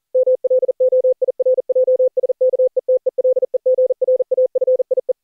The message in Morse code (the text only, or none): MLOIRJS KE TELEGRAFIE